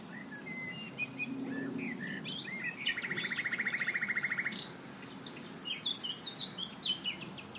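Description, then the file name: Common nightingale song of varied whistled phrases with a long, even, rattling trill in the middle, then sharp rising and falling notes. "Luscinia megarhynchos"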